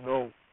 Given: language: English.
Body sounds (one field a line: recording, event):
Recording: throat vibration sensor signal played as sound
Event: speech